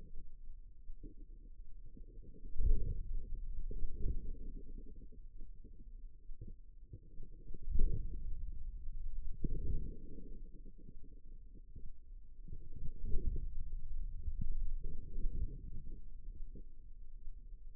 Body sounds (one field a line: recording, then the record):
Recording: forearm muscle sounds (acoustic myography)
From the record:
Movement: pen grasping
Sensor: system 2, bracelet of six BSWA MPA416 microphones around the upper forearm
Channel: 4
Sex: female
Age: 25 years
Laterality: right